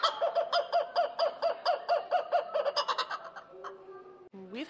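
Kookaburra laughing call: rhythmic, bouncing chuckles repeated quickly, then fading into softer notes.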